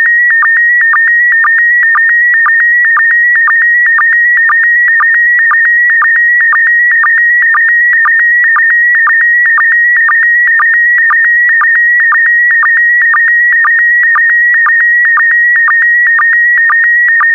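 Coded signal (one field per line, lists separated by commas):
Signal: SSTV (slow-scan television)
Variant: PD120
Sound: steady warbling high tone with regular short low blips about twice a second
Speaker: complete. You can now check your decoded image against the picture that is shown on the video.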